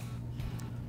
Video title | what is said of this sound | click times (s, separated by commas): TCI: EZ-TCU Transmission Controller Install Basics | these plugged directly together listen for the click | 0.6 s